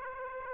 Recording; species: mosquito wingbeat signal from an infrared sensor; Aedes aegypti